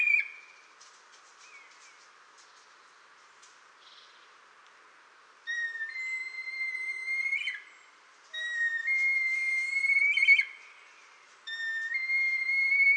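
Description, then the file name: Red kite calling: several drawn-out, thin whistles separated by short pauses, over faint background hiss. "kaniaruda"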